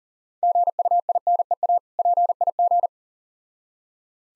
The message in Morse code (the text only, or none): GUINEA PIG